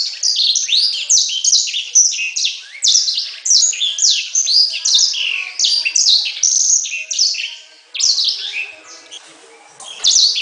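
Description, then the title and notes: Bird song: dense, loud high chatter of quick down-slurred notes running continuously, easing near the end before a final burst. Bird song for training pet birds. "Suara Burung. Suara Kicauan Burung untuk memaster burung kesayangan"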